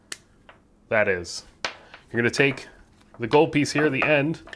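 A 1/8-inch to 1/4-inch headphone adapter that sat only half-on is pushed fully onto the plug of a foot-long extension cable and gives a sharp snap at 0.1 s, and it is now fully seated. Someone talks afterward.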